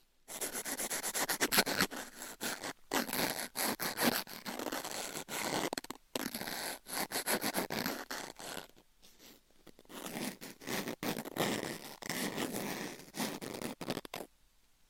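Scratching and rubbing with nails and objects, a dense crackly texture that runs in bursts with short silent breaks near 3, 6 and 9 seconds. The strokes are fast and bright, sounding like a zipper or rough scraping, and stop abruptly near the end.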